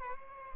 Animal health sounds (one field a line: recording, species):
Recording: mosquito wingbeat signal from an infrared sensor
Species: Aedes albopictus